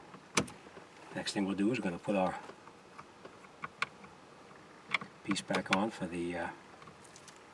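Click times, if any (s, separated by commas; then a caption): none. Someone talks while handling the hazard flasher switch piece as it is brought back to the steering column trim. Several short, sharp taps and clicks sound around 0.4 s, 3.8 s and 4.9 s, but the piece has not snapped in yet, and nothing has seated or clicked into place by the end.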